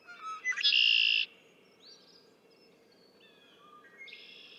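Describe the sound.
Red-winged blackbird sings once near the start: brief clicking notes lead into a rasping, buzzy trill, followed by faint whistles and buzzy notes.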